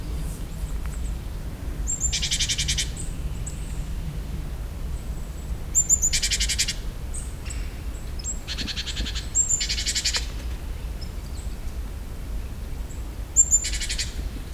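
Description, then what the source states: Great tit giving buzzy, rasping churrs in several short bursts, with faint thin high whistles between them over a steady low rumble. Recorded in nature; described as the great tit's other call.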